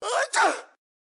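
A single sneeze from an adult: a short voiced in-breath, a brief pause, then a sharp noisy burst that fades within about three quarters of a second. One ordinary sneeze with no other sound.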